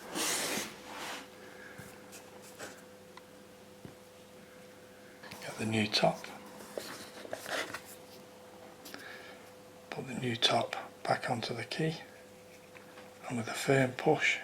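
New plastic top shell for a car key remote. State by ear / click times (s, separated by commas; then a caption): not seated / none. A new plastic top shell for a Peugeot 206 car key remote is picked up and lined up on the key while someone talks, with faint light handling taps in between. The shell has not clicked into place yet.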